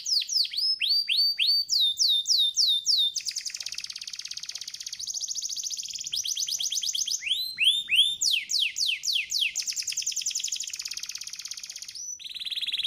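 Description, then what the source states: Canary delivering rolling tours: repeated curved chirps, a fast buzzing roll, then more rapid swept notes without pause. Masteran tutor song of a prolific singing canary, meant as an easy-to-imitate model for training other canaries.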